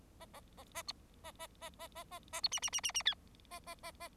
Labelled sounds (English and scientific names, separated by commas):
Bengalese Finch (Lonchura striata domestica) song